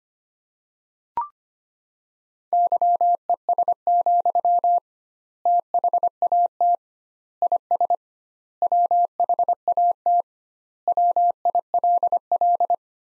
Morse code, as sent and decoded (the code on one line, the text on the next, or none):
-.-- . ... --..-- / - .... .- - / .. ... / .-- .... .- - / .-- .. .-.. .-..
YES, THAT IS WHAT WILL